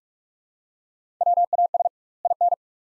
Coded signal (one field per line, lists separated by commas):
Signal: Morse code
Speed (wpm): 46 wpm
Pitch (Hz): 700 Hz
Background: none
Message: WAS IN